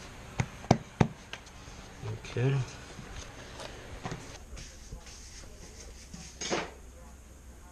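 A floating vinyl floor plank is angled into the groove of the neighbouring plank, lifted slightly and pressed down along the seam so its click-lock edge snaps together. Sharp snaps are heard at 0.4, 0.7, 1.0 and 1.3 seconds as the joint seats right in place, and someone talks.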